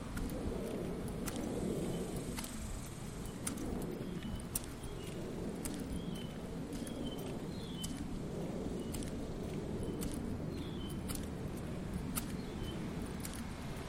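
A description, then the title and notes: A neighborhood walk with steady, regular footsteps over a constant low traffic rumble, and brief bird chirps scattered throughout. The sounds of my daily lunchtime walk around the neighborhood.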